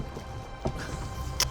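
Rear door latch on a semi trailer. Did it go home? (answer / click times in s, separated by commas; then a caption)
no / none. A crew pushes the rear door of a damaged semi trailer shut to stiffen the trailer before lifting it, over a steady low rumble. Two knocks sound, a dull one at about 0.7 s and a sharper, louder one at 1.4 s. The rear door latch fails to catch on this side, and nothing has clicked.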